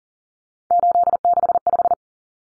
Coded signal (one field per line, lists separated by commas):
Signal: Morse code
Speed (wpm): 40 wpm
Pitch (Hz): 700 Hz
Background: none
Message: 865